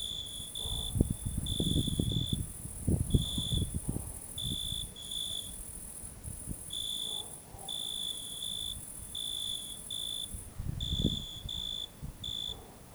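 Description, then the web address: Insect calling in steady pulsed bursts of high chirps, broken by short gaps and repeated throughout, over low rumbling and thumping underneath. "Insect Set 459"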